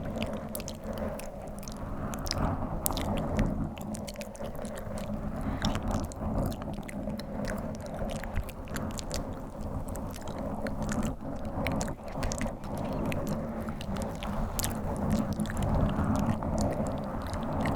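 Dense scratching and rubbing on a microphone, with constant crackly clicks and a low rumbling texture, steady throughout.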